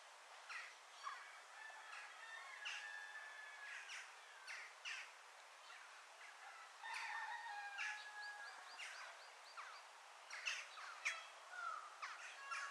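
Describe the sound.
Birds chirping: a mixed chorus of quick chirps, brief whistles and short trills, repeated irregularly throughout, against constant background hiss.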